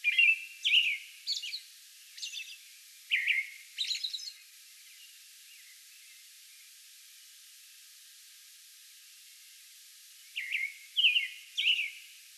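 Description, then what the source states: American robin sings a burst of whistled caroling phrases and high squeaks, falls silent for several seconds, then resumes with more phrases. Song bout recorded on May 11.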